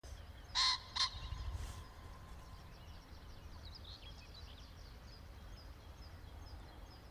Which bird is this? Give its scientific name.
Phasianus colchicus